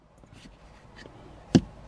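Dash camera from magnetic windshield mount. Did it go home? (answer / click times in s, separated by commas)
released / 1.6 s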